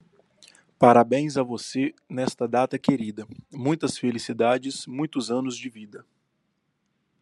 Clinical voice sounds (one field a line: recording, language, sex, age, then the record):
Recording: short text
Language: Brazilian Portuguese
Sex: male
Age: 30 to 39 years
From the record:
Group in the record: control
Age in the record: 32 years